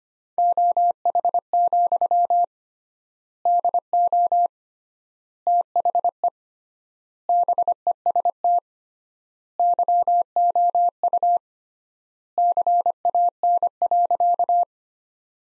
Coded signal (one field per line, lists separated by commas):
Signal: Morse code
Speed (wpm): 25 wpm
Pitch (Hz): 700 Hz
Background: none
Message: OH, DO THE BEST YOU CAN.